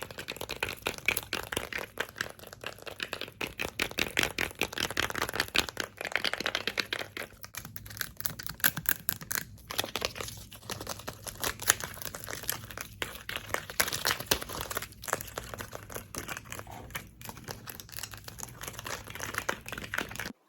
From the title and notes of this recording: ASMR Fast Paced Squishy + Crinkly Triggers.